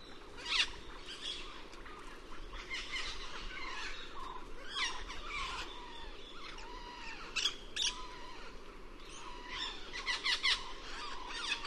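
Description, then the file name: Cuban amazon producing repeated rasping squawks and shrill screeches, irregularly spaced and sometimes overlapping, with a dense burst near the end. "cuban parrot"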